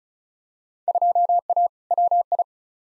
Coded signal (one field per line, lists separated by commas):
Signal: Morse code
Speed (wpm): 36 wpm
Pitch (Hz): 700 Hz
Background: none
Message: 2A WI